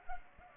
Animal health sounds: mosquito wingbeat signal from an infrared sensor; Culex pipiens

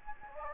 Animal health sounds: mosquito wingbeat signal from an infrared sensor; Anopheles gambiae

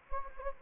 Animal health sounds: mosquito wingbeat signal from an infrared sensor; Anopheles gambiae

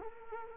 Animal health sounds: mosquito wingbeat signal from an infrared sensor; Culex quinquefasciatus

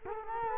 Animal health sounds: mosquito wingbeat signal from an infrared sensor; Culex quinquefasciatus

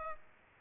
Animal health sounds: mosquito wingbeat signal from an infrared sensor; Aedes aegypti

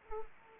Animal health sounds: mosquito wingbeat signal from an infrared sensor; Anopheles arabiensis

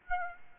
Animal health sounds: mosquito wingbeat signal from an infrared sensor; Aedes aegypti

